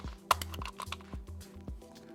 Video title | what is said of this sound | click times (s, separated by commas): Festool DURADRIVE DWC 18 Screwgun Driver | you will hear them click back together | 0.3 s